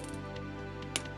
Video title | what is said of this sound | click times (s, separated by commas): JoyToy - Steel Bone H02 Heavy Firepower Mecha Grey Green Type Unboxing | you see it pops out pretty easy | 1.0 s